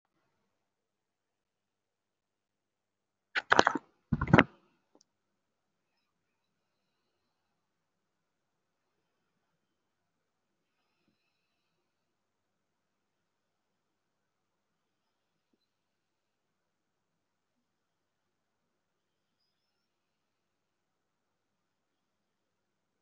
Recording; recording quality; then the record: shallow breathing; moderate, slight background noise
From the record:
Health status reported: respiratory illness, not identified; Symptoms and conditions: breathing difficulty, fatigue, asthma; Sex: female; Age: 39 years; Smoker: no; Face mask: worn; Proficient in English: no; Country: India